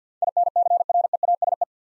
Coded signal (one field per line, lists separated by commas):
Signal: Morse code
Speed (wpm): 50 wpm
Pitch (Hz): 700 Hz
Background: none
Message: INCREASE